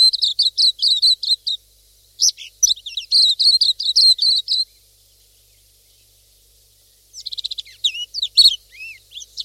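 Pleci silvereye calls, quick high twittering runs early, a long quiet gap, then scattered sweeping chirps near the end.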